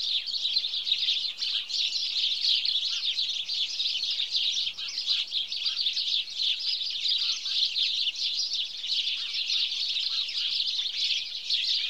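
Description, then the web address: House sparrow chirping, a steady busy chorus of many birds calling at once, overlapping chirps without pause. "The BBC Sound Effects Library. Birds. House Sparrow (Passer Domesticus)"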